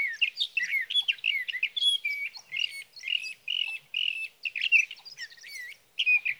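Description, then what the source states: Sage thrasher song, rapid varied warbling with slurred and scratchy notes. Male singing through the night near his night roost, evening of June 12 to morning of June 15, 2018, Sierra Valley, California; Swift recorder.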